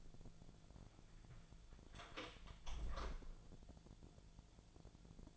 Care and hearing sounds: daily activity, microphone in the room; close door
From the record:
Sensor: 5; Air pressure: 1000.5 hPa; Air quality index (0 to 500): 152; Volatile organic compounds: 2 ppm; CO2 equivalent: 1178 ppm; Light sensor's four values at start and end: 49/115/48/51 and 49/115/48/51

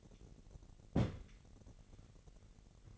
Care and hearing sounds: daily activity, microphone in the room; place on stove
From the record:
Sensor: 4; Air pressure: 1012.8 hPa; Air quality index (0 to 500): 242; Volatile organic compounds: 4 ppm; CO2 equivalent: 1609 ppm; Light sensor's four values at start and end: 24/58/24/24 and 24/58/24/24

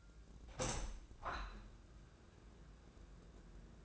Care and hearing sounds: daily activity, microphone in the room; open window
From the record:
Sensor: 2

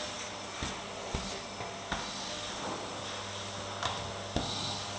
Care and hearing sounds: daily activity, microphone in the room; vacuum cleaning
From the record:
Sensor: 3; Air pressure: 1000.1 hPa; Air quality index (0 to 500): 136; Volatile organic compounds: 2 ppm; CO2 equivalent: 1210 ppm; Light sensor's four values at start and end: 39/100/42/46 and 40/100/43/47

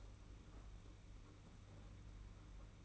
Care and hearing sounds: daily activity, microphone in the room; open fridge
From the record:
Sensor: 1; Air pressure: 991.8 hPa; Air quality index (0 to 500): 205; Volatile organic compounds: 1000 ppm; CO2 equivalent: 7934 ppm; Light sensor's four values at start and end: 28/99/38/39 and 28/99/38/39

